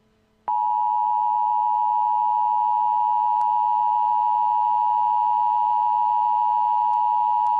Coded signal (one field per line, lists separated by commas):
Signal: Emergency Alert System (SAME) tones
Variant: 853 and 960 Hz attention tone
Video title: Eas scenario 4: the Orange moon a thanksgiving scenario